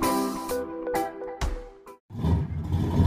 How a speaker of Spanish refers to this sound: Parecían flotar sobre la luz de la mañana tibia, mientras el auto se deslizaba hacia el oeste.